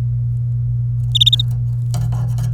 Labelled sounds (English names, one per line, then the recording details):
Domestic Canary song
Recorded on 27 April 2018 at 10:12
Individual llb3